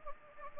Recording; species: mosquito wingbeat signal from an infrared sensor; Anopheles gambiae